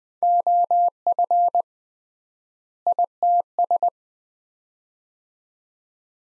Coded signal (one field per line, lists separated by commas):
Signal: Morse code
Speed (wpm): 20 wpm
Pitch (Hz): 700 Hz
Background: none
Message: OF ITS